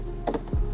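A plastic cap labeled L is pressed onto the left side of a Home Depot Evil Pixie Halloween animatronic figure, a part that is hard to get to snap. A faint tick at 0.1 s is followed by a sharp plastic snap at 0.3 s as the cap seats, then a low thump around 0.5 s. The cap is confirmed seated.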